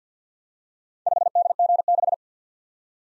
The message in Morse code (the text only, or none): 5DG6